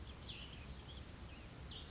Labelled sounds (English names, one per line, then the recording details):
Cassin's Vireo
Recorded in Sonoma County, California